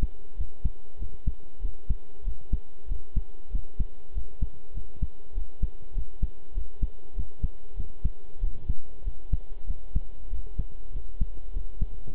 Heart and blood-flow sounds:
heart sounds by stethoscope; between the tricuspid and mitral areas; 97 bpm
0.36 s: heartbeat
0.98 s: heartbeat
1.60 s: heartbeat
2.23 s: heartbeat
2.87 s: heartbeat
3.50 s: heartbeat
4.12 s: heartbeat
4.73 s: heartbeat
5.33 s: heartbeat
5.93 s: heartbeat
6.53 s: heartbeat
7.14 s: heartbeat
7.75 s: heartbeat
8.39 s: heartbeat
9.02 s: heartbeat
9.65 s: heartbeat
10.28 s: heartbeat
10.91 s: heartbeat
11.52 s: heartbeat
12.11 s: heartbeat
From the record:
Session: pedaling a stationary bicycle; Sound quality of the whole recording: good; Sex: male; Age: 23 years

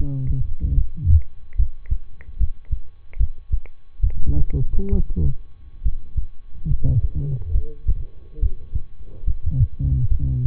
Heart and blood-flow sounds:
heart sounds by stethoscope; between the tricuspid and mitral areas; 71 bpm
0.74 s: heartbeat
1.55 s: heartbeat
2.37 s: heartbeat
3.16 s: heartbeat
4.00 s: heartbeat
4.89 s: heartbeat
5.81 s: heartbeat
6.67 s: heartbeat
7.51 s: heartbeat
8.39 s: heartbeat
9.23 s: heartbeat
10.07 s: heartbeat
From the record:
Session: rest, lying down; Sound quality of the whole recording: good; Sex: male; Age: 23 years

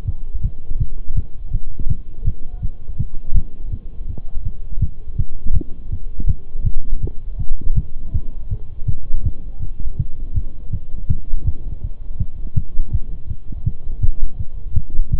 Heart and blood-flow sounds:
heart sounds by stethoscope; between the tricuspid and mitral areas; 163 bpm
0.08 s: heartbeat
0.44 s: heartbeat
0.80 s: heartbeat
1.17 s: heartbeat
1.53 s: heartbeat
1.90 s: heartbeat
2.26 s: heartbeat
2.63 s: heartbeat
2.99 s: heartbeat
3.36 s: heartbeat
3.72 s: heartbeat
4.09 s: heartbeat
4.45 s: heartbeat
4.82 s: heartbeat
5.18 s: heartbeat
5.55 s: heartbeat
5.92 s: heartbeat
6.29 s: heartbeat
6.66 s: heartbeat
7.03 s: heartbeat
7.40 s: heartbeat
7.77 s: heartbeat
8.15 s: heartbeat
8.51 s: heartbeat
8.88 s: heartbeat
9.25 s: heartbeat
9.63 s: heartbeat
9.99 s: heartbeat
10.36 s: heartbeat
10.73 s: heartbeat
11.10 s: heartbeat
11.47 s: heartbeat
11.84 s: heartbeat
12.20 s: heartbeat
12.57 s: heartbeat
12.94 s: heartbeat
13.30 s: heartbeat
13.66 s: heartbeat
14.03 s: heartbeat
14.40 s: heartbeat
14.76 s: heartbeat
15.13 s: heartbeat
From the record:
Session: Bruce protocol treadmill stress test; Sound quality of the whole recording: partially saturated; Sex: male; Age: 23 years

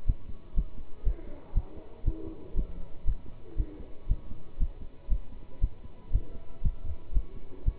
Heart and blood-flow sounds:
heart sounds by stethoscope; between the tricuspid and mitral areas; 119 bpm
0.06 s: heartbeat
0.55 s: heartbeat
1.04 s: heartbeat
1.53 s: heartbeat
2.04 s: heartbeat
2.54 s: heartbeat
3.05 s: heartbeat
3.56 s: heartbeat
4.07 s: heartbeat
4.58 s: heartbeat
5.08 s: heartbeat
5.60 s: heartbeat
6.11 s: heartbeat
6.62 s: heartbeat
7.13 s: heartbeat
7.64 s: heartbeat
From the record:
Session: pedaling a stationary bicycle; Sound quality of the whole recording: good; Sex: male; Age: 27 years

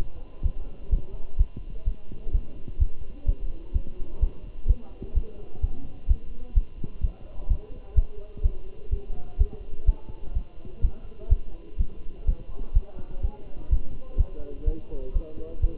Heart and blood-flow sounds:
heart sounds by stethoscope; between the tricuspid and mitral areas; 127 bpm
0.45 s: heartbeat
0.92 s: heartbeat
1.40 s: heartbeat
1.87 s: heartbeat
2.34 s: heartbeat
2.81 s: heartbeat
3.28 s: heartbeat
3.75 s: heartbeat
4.22 s: heartbeat
4.69 s: heartbeat
5.16 s: heartbeat
5.63 s: heartbeat
6.10 s: heartbeat
6.57 s: heartbeat
7.04 s: heartbeat
7.51 s: heartbeat
7.97 s: heartbeat
8.45 s: heartbeat
8.93 s: heartbeat
9.40 s: heartbeat
9.88 s: heartbeat
10.36 s: heartbeat
10.84 s: heartbeat
11.31 s: heartbeat
11.80 s: heartbeat
12.28 s: heartbeat
12.76 s: heartbeat
13.24 s: heartbeat
13.72 s: heartbeat
14.19 s: heartbeat
14.67 s: heartbeat
15.16 s: heartbeat
15.63 s: heartbeat
From the record:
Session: Bruce protocol treadmill stress test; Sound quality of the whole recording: good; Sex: male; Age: 27 years

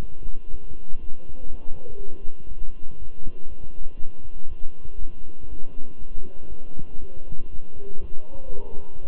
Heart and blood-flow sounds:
heart sounds by stethoscope; between the tricuspid and mitral areas; 120 bpm
0.50 s: heartbeat
1.00 s: heartbeat
1.50 s: heartbeat
1.98 s: heartbeat
2.47 s: heartbeat
2.98 s: heartbeat
3.48 s: heartbeat
3.97 s: heartbeat
4.48 s: heartbeat
4.98 s: heartbeat
5.48 s: heartbeat
5.98 s: heartbeat
6.48 s: heartbeat
6.99 s: heartbeat
7.50 s: heartbeat
8.00 s: heartbeat
8.50 s: heartbeat
9.01 s: heartbeat
From the record:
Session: walking at 3.7 km/h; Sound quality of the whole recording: good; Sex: male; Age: 23 years

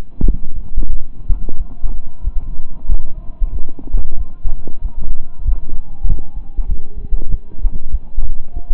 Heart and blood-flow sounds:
heart sounds by stethoscope; between the tricuspid and mitral areas; 94 bpm
0.23 s: heartbeat
0.88 s: heartbeat
1.55 s: heartbeat
2.21 s: heartbeat
2.86 s: heartbeat
3.50 s: heartbeat
4.15 s: heartbeat
4.80 s: heartbeat
5.42 s: heartbeat
6.05 s: heartbeat
6.66 s: heartbeat
7.27 s: heartbeat
7.89 s: heartbeat
8.51 s: heartbeat
From the record:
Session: slow and fast walking with breaks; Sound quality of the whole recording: saturated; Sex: male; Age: 25 years

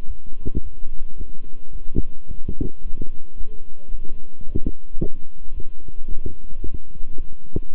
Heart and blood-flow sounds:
heart sounds by stethoscope; between the tricuspid and mitral areas; 110 bpm
0.06 s: heartbeat
0.61 s: heartbeat
1.16 s: heartbeat
1.71 s: heartbeat
2.26 s: heartbeat
2.81 s: heartbeat
3.35 s: heartbeat
3.90 s: heartbeat
4.44 s: heartbeat
4.98 s: heartbeat
5.52 s: heartbeat
6.07 s: heartbeat
6.62 s: heartbeat
7.16 s: heartbeat
7.71 s: heartbeat
From the record:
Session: walking at 3.7 km/h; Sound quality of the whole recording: good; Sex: male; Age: 26 years

